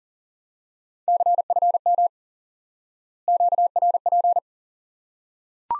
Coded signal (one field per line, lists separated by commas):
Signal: Morse code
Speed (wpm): 40 wpm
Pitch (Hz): 700 Hz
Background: none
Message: CFM QRP